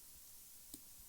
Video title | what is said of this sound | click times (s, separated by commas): How to fit a side roller puller and elasticate your fishing pole | there there it goes That's The Click | 0.7 s